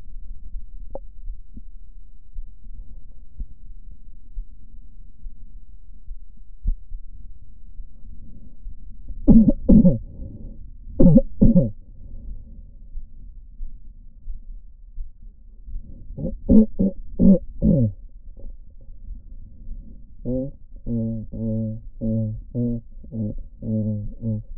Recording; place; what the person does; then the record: lung sounds by stethoscope; left posterior apical chest; quiet breathing, then cough and speech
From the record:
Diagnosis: none (healthy); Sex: male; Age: 30 years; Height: 190 cm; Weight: 88 kg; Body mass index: 24.4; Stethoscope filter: diaphragm mode